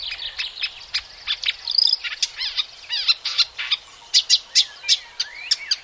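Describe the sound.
Marsh warbler song, a fast, varied stream of sharp chirps, trills and buzzy notes with quick frequency sweeps, delivered almost without pause.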